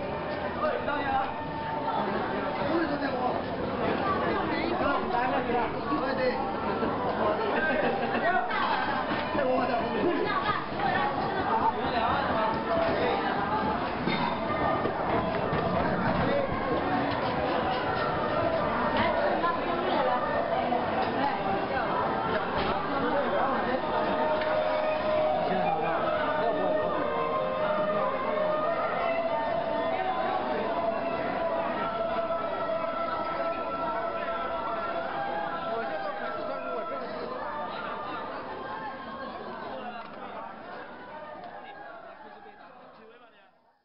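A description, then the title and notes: A street vendor's sung call rises over the steady chatter of a crowded market, voices dense throughout, fading out at the end. A street vendors song rises through the early evening sounds of the Wangfujing Street Market in central Beijing, China. Street vendor's call in crowded market.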